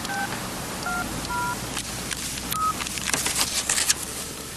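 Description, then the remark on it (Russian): A car telephone in a limousine being dialed to call another state: a handful of short, clear two-tone beeps spaced unevenly, followed by bursts of crackly static and clicks as the line connects. “Чарли берет трубку телефона, установленного в салоне машины.”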